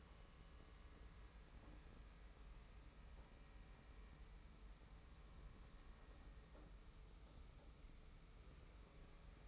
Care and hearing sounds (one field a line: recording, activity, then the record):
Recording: daily activity, microphone in the room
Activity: wipe stove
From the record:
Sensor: 1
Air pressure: 991.4 hPa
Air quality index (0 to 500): 131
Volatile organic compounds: 412 ppm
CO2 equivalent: 4691 ppm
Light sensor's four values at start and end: 41/127/50/52 and 41/127/50/52